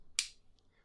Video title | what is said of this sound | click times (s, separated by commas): Lachieva Lux fountain pen - abalone | clicks in place just as nicely with a very affirmative click. | 0.2 s